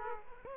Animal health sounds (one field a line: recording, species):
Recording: mosquito wingbeat signal from an infrared sensor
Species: Aedes aegypti